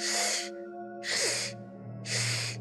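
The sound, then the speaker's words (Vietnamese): A voice imitates the choking gasp made by a figure crawling face-down on the floor with its head raised: three harsh, breathy bursts of air forced out in an even rhythm, each about half a second long, with a strained, rasping edge and short pauses between. “Nghe y như là có cái gì bị chặn ở trong cổ họng, đợt cứ ép hơi ra từng cơn từng cơn.”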